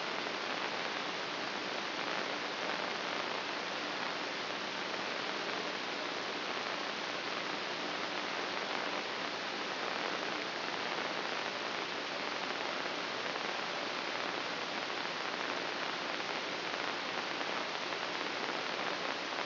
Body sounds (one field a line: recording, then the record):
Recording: brain microelectrode recording played as sound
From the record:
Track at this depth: inside the subthalamic nucleus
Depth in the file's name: 2.325 mm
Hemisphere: right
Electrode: 2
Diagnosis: Parkinson's disease